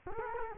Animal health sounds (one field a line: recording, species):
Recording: mosquito wingbeat signal from an infrared sensor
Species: Culex quinquefasciatus